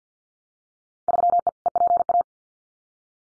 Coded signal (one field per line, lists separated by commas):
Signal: Morse code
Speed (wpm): 50 wpm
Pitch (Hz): 700 Hz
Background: none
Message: 3E EPA